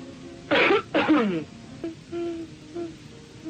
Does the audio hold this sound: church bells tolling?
no